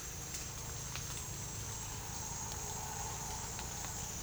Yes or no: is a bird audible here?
no